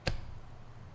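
A graphics card is pushed into a motherboard's PCIe slot, and the slot's plastic retention latch clicks shut at 0.0 s—specifically at 0.1 s—with a single short, broadband click. The click is quieter and duller than a satisfying one, followed by a low, steady background hum. The card is seated.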